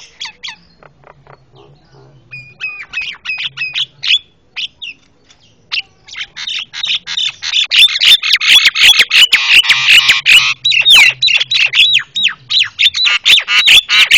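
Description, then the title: Javan myna chattering: scattered clicks and whistles swell into a long, loud, continuous stretch of harsh squawks and buzzy notes with whistles mixed in. Very noisy calls, used as training audio for caged birds. "Jalak Kebo Master Suara Super Berisik Buat Masteran"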